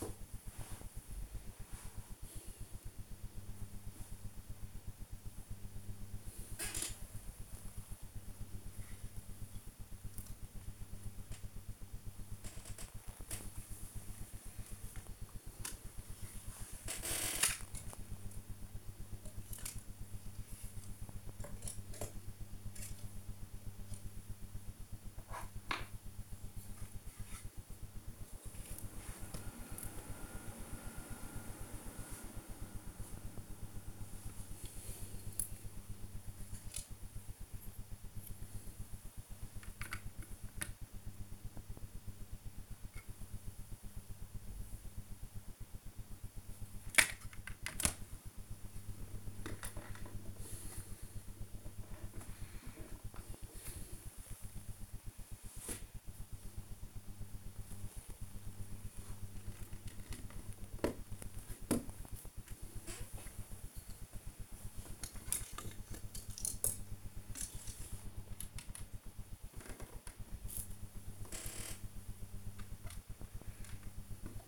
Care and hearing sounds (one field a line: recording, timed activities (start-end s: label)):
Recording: household activities, microphone on the right wrist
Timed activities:
0.00-74.48 s: build with lego